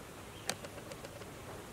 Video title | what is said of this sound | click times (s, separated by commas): My Hunting 2021 "Game Winner Feeder 225 lb Round easy" | it around the right way and maybe it'll work all right they're both in there and they're both locked | 0.5 s